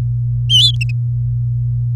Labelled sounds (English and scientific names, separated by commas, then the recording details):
Domestic Canary (Serinus canaria) song
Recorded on 4 May 2018 at 09:31
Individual llb16